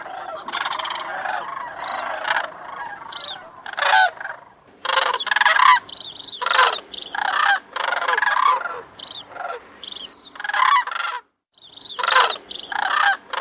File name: Sandhill crane